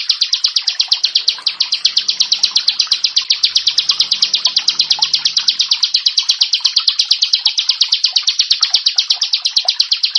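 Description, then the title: Prinia pouring out a continuous, fast chain of high, piercing notes; a quiet low drone sits beneath part of it. "Ciblek Sawah"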